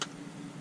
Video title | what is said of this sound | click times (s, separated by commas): Master Grade Gundam MG MS-09R Rick Dom unboxing, review, and build by a neanderthal. | because you're really ah oh yeah that's a nice click we | 0.0 s